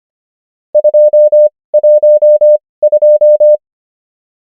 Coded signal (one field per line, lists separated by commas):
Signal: Morse code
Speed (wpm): 25 wpm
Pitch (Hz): 600 Hz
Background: none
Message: 212